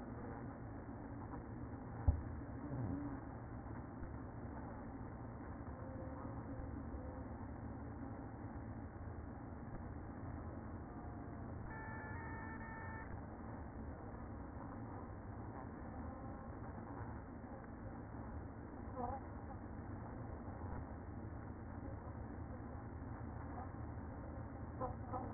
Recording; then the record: honeybee colony, microphone inside the hive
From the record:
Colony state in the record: queen present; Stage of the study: after two queens were removed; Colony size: about 60,000 bees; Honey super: yes